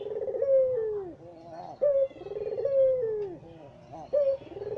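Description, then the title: Barbary dove cooing, a short sharp note followed by a longer rolling coo that falls away, repeated about every two seconds over faint background hum. White-plumaged dove; training (masteran) recording used to teach songbirds. "Kicau Mania Masteran Burung Puter Putih"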